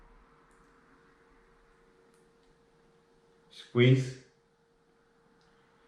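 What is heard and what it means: A silicone ear tip's oval ring is lined up with the oval nozzle of an AirPods Pro wireless earbud before being squeezed on. Someone talks around 3.6–4.3 s over a quiet background with a steady hum, and no other distinct sounds are heard. Nothing has seated or clicked yet.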